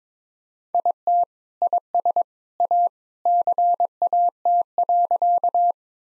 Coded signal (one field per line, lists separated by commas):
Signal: Morse code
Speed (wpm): 22 wpm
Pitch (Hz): 700 Hz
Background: none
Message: IT IS A CAT.